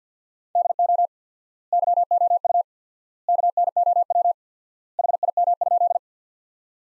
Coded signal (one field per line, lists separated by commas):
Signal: Morse code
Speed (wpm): 49 wpm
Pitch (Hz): 700 Hz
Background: none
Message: DO YOU KNOW HIM?